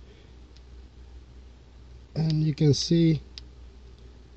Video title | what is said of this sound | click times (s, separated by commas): Harbor Freight 1/4" inch torque wrench 2 | didn't click but this actually shifts so | none